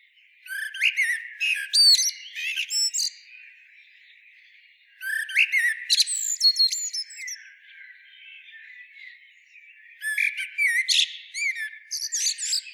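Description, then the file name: Eurasian blackbird repeating phrases about every five seconds, each a burst of warbling notes ending in high, scratchy twitters, with quiet gaps between. "Turdus merula"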